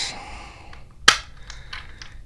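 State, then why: Seated. A plastic door panel, one of the last pieces of a Transformers Autobot Agent Knight (Knight Rider crossover) transforming robot figure, is pressed onto the figure's body. Faint handling ticks lead up to a sharp, loud snap at 1.1 s as the panel pops into place and seats. A few quieter taps follow.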